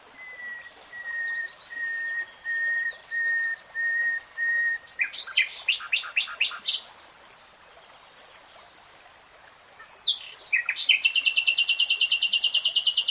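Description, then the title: Nightingale song: slow, evenly spaced whistled notes on one pitch, then sharp stacked notes, a pause, and a loud rapid rattling trill. "[Tiếng chim hót] REALTIME Nightingale Singing"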